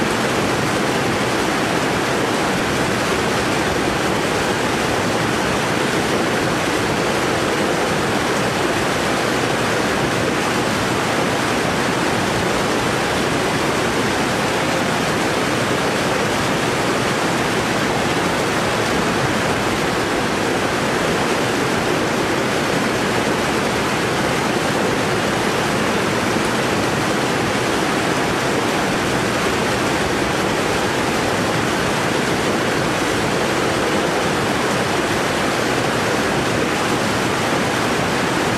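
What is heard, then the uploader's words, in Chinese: A waterfall roars steadily and densely throughout, a constant rush of water with a full low body and hissing bright spray. 自然瀑布声。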